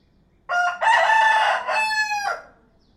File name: Rooster Call